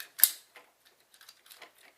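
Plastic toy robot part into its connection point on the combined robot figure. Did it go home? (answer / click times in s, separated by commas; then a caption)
yes / 0.2 s. A plastic Dragonzord part is fitted onto its connection point on a combined Megazord robot toy figure; the part would not hold at first. It gives a sharp, bright click at 0.2 s, followed by faint small plastic taps and rattles. The part seats and clicks into place.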